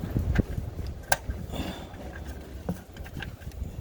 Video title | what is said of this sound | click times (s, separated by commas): Distributor, Coil, Module, Cap & Rotor replacement | Need to hear that snap for y'all that don't really be on it like that. You want to hear you snap. | 1.1 s